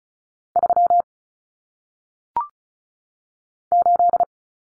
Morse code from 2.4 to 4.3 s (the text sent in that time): 8